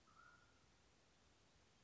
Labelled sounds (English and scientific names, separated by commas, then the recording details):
Mountain Quail (Oreortyx pictus)
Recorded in Sonoma County, California